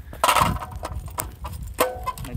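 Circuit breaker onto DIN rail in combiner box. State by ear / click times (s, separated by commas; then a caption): seated / 0.2 s, 1.2 s. A 15 amp miniature circuit breaker is pushed onto the metal DIN rail in a solar combiner box until its plastic clip snaps over the rail. Sharp snaps are heard at 0.2 s and 1.2 s, with other softer knocks around them, and the breaker ends up seated on the rail.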